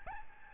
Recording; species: mosquito wingbeat signal from an infrared sensor; Aedes albopictus